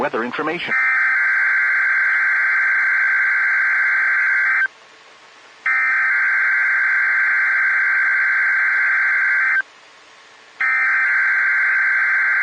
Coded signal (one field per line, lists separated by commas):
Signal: Emergency Alert System (SAME) tones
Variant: header bursts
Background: speech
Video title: 2/2/22 - KHB37 Evening Required Weekly Test (Groundhog Day Editon!) (EAS #351)